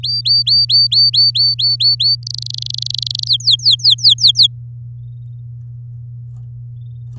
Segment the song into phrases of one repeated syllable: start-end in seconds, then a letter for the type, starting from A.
0.03-2.15 A, 2.23-3.28 B, 3.29-4.47 C